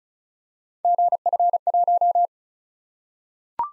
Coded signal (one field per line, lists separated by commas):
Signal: Morse code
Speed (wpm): 36 wpm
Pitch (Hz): 700 Hz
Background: none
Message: GF1